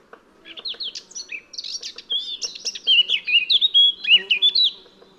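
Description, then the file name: Eurasian blackcap song, a low chattering start that builds into loud, clear, fluting whistles falling in pitch, then fades. "Sylvia atricapilla"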